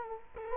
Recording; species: mosquito wingbeat signal from an infrared sensor; Culex quinquefasciatus